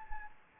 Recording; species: mosquito wingbeat signal from an infrared sensor; Anopheles gambiae